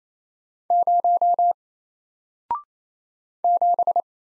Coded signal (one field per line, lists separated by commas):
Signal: Morse code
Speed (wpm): 27 wpm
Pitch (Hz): 700 Hz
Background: none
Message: 0 7